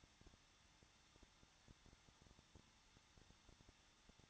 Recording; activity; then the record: daily activity, microphone in the room; no activity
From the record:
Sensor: 3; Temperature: 21.2 degrees Celsius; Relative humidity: 36.4%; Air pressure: 1006.3 hPa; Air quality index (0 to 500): 223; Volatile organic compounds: 43 ppm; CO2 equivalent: 3196 ppm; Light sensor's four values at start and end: 2/3/2/2 and 2/3/2/2